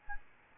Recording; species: mosquito wingbeat signal from an infrared sensor; Aedes albopictus